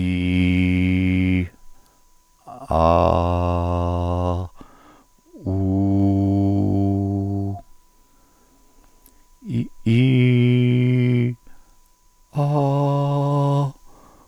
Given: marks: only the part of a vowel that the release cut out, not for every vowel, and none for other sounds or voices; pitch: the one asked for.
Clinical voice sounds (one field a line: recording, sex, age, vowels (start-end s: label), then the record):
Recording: sustained vowels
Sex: male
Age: 70 to 79 years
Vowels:
0.00-1.25 s: vowel /i/, normal pitch
2.90-4.23 s: vowel /a/, normal pitch
5.69-7.25 s: vowel /u/, normal pitch
10.02-11.12 s: vowel /i/, high pitch
12.55-13.53 s: vowel /a/, high pitch
From the record:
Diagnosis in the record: dysphonia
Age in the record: 71 years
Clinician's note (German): Funktionelle Dysphonie